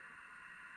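A new tie rod end is being turned backwards on a threaded steering tie rod, feeling for the thread start before it is threaded on. Only a steady hiss is heard, strongest in the upper mids, with a faint high whine and no distinct clicks. Nothing has seated or clicked yet.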